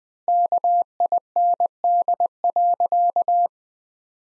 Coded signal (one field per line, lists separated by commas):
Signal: Morse code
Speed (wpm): 21 wpm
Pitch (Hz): 700 Hz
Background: none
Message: KIND.